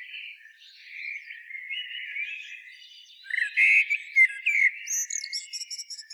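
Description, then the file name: Common blackbird song: soft fluty warbling at first, then a louder warbled phrase ending in a rapid series of thin high chittering notes. "Turdus merula"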